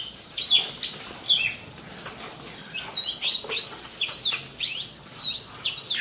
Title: Kacer Poci Gacor Nembak Dan Ngerol Juara Nasional. 7 macam suara kacer setiap 3 menit